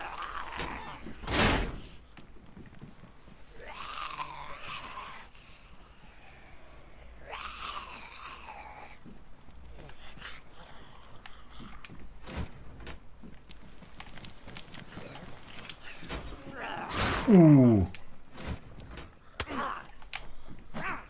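A button-operated door struggles to close: a sharp bang, several bursts of mechanical whirring and rattling, then a loud clunk with a falling motor whine near the end. No one speaks.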